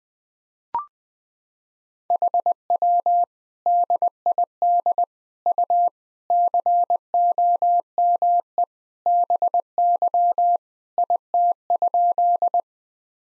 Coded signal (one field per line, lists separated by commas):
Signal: Morse code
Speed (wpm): 20 wpm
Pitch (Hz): 700 Hz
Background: none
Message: HW DID U COME BY IT?